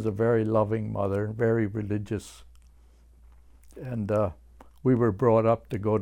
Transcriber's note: none